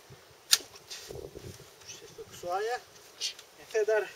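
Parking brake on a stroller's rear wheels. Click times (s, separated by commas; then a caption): 0.5 s. The parking brake on a stroller's rear wheels is pressed down and locks into place with a single sharp click at 0.5 s. Someone talks before and after the click.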